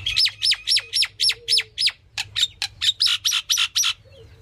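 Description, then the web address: Myna calls: a rapid run of many fairly evenly spaced, high, squawky notes, with a faint low hum beneath. "animal-sound myna-sound"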